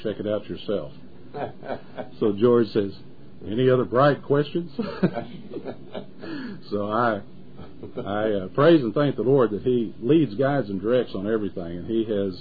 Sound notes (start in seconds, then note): 1.3 laughs; 4.8 laughs